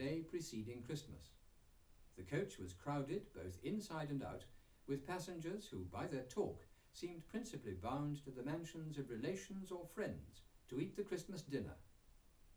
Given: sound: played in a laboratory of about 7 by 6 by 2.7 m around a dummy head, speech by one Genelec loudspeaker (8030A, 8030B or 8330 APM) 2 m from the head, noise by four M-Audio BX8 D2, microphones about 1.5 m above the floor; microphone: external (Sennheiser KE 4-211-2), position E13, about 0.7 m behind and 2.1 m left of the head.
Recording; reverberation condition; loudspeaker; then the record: male speech in English; low; 30 degrees to the right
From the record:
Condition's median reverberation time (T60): about 310 ms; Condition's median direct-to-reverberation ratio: about 3.5 dB